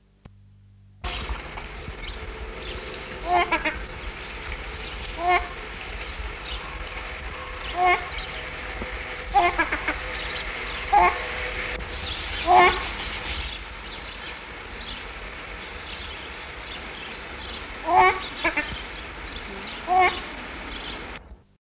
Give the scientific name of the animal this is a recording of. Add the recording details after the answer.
Tadorna ferruginea. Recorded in captivity. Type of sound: call. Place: Vogelpark Essen, Nordrhein-Westfalen, DE. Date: 1962-10-14. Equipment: Halbspur, 9,5 cm/s. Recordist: Lütgens, Hans. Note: Rufe